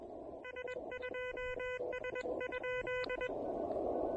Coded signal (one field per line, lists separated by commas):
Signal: Morse code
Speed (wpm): 20 wpm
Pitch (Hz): 2000 Hz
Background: none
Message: S2S?